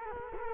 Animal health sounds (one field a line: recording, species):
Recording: mosquito wingbeat signal from an infrared sensor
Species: Culex quinquefasciatus